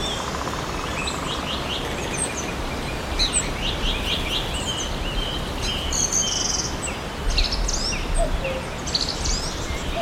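An awakening forest, with a steady hiss and faint low rumble filling the background throughout. From about three seconds on, many small birds chirp and twitter in high, quick bursts that overlap, growing busier toward the end.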